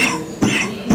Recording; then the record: coughing mixed with background sound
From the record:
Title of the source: Spring Cold Coughing 3